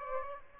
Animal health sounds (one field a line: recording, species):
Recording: mosquito wingbeat signal from an infrared sensor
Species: Aedes aegypti